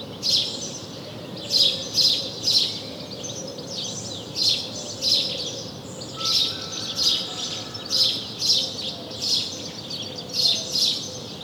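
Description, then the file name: House sparrow chirping: strong, scratchy chirps repeated roughly every second, some in pairs, with quieter chirps and faint low tones behind. "Passer domesticus"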